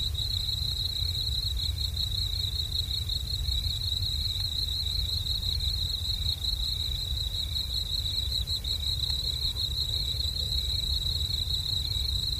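Cricket calling in a continuous, evenly pulsed high trill for the whole stretch, with a faint low rumble beneath and almost nothing else.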